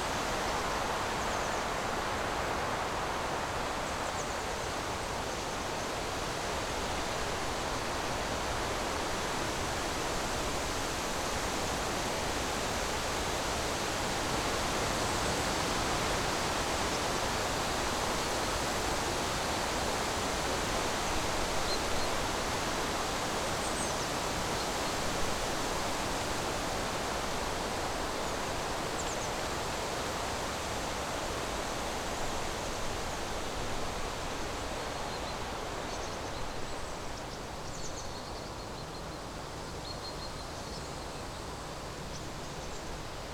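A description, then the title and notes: Wind rushes steadily through a forest, a dense, even hiss that fills everything from low rumble to bright treetop rustle. The level stays nearly constant, easing slightly and thinning in the upper range over the last several seconds, with no distinct events standing out. Windy Forest.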